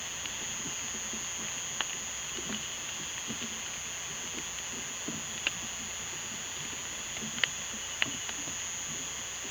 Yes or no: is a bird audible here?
no